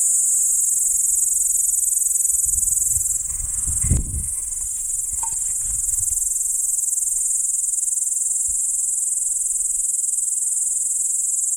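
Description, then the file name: P. capensis: insect call: a steady, unbroken high-pitched hiss-like buzz runs throughout, with low rumbling noise swelling in the middle. Recorded near Arniston. "P capensis nr Arniston"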